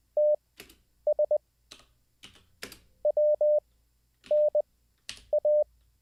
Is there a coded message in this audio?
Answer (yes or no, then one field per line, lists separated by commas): yes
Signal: Morse code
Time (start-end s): 0.2-5.6 s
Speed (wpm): 20 wpm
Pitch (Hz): 600 Hz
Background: none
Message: TS WNA